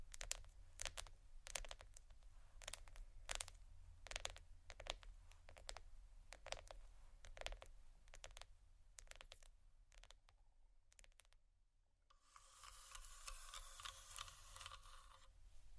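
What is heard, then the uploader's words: Plastic is tapped and scratched in quick, irregular bursts of sharp clicks through the first ten seconds, over a steady low hum. After a brief quiet near eleven seconds, a dense, soft crinkling rustle starts and continues to the end. Tapping,soft crinkle,scratch,plastic,textures(No Talking).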